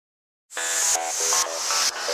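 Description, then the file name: Indian roller giving harsh rasping calls: several loud grating bursts following one another without pause. "Neelkanth"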